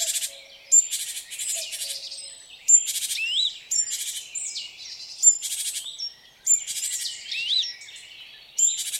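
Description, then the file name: Great tit harsh, buzzy churring calls in short bursts, mixed with thin high whistled notes and sliding chirps; a faint low tone sounds briefly near the start. "Parus major"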